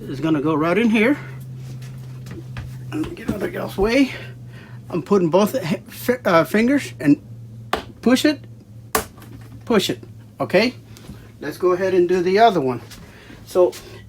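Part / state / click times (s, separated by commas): mounting bracket into wall cabinet frame / seated / 9.0 s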